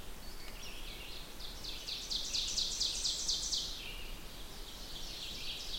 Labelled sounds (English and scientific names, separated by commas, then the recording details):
Ovenbird (Seiurus aurocapilla) song
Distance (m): 60 m
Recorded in boreal forest in Alberta, Canada, on 16 June 2016 at 08:10
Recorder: SongMeter 3, array SBT-3-32
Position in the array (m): 162 m, 25 m
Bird 36